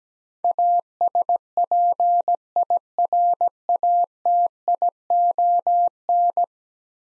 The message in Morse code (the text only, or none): ASPIRATION